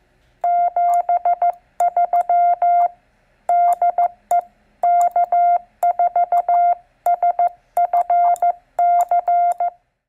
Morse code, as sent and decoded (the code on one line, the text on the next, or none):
--... ...-- / -.. . / -.- ....- ... ..-. -.-.
73 DE K4SFC